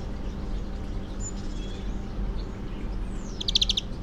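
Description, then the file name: European greenfinch: a quick series of several bright, clipped notes near the end, over steady low rumbling background noise. "Chloris chloris"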